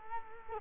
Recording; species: mosquito wingbeat signal from an infrared sensor; Culex quinquefasciatus